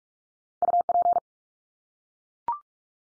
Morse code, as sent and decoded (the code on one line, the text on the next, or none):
..- .--.
UP